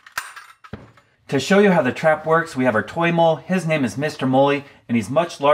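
A spring-loaded metal SuperCat scissor mole trap is re-set by pulling the top up until the trigger latch in the frame catches. A sharp metallic click comes at 0.2 s as it seats in its set position, followed by a few smaller clinks. Someone then talks.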